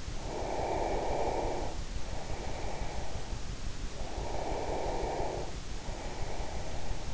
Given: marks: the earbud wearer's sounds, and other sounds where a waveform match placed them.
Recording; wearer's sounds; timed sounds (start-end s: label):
sounds in sleep by an in-ear microphone; breath
0.07-3.49 s: breath
4.04-7.14 s: breath